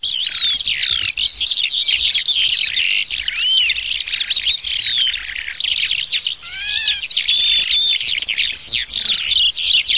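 Eurasian skylark song: a continuous, fast, high warbling stream of trills, chirps and rapid slurred notes that runs almost without pause throughout.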